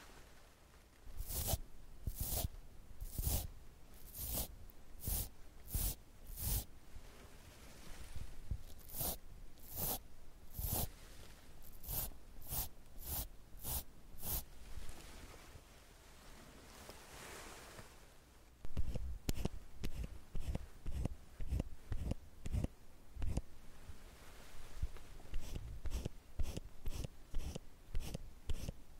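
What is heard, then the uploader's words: Makeup tools click and snap in sharp, irregular bursts, pausing briefly around the middle, then returning louder and faster for the final ten seconds. ASMR Doing your Makeup sound tweezers curling iron No Talking.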